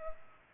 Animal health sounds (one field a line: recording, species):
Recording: mosquito wingbeat signal from an infrared sensor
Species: Culex pipiens